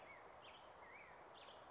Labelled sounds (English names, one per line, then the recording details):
Black-headed Grosbeak
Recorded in Sonoma County, California